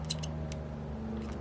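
During reassembly of an OS FS90 four-stroke model glow engine, a small metal part sitting in its hole but not seated is worked until it drops home. Over a steady low hum, light metallic ticks sound at about 0.1, 0.2 and 0.5 seconds, with the sharpest hit at 0.1 seconds. The part is now fully seated.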